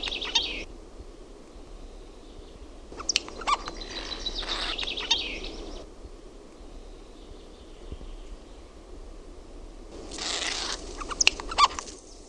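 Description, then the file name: Eurasian jay giving harsh, rasping screeches in three bursts, at the start, from about three to six seconds and from about ten seconds, with quiet background hiss between. "NARHI"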